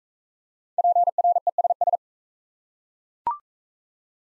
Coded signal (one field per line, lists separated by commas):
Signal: Morse code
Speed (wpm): 40 wpm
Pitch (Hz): 700 Hz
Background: none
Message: PRESS